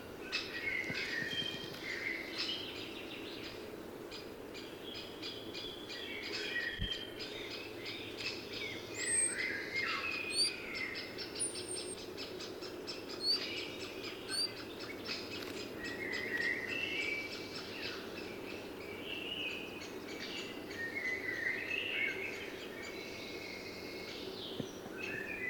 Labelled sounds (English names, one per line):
Common Chaffinch song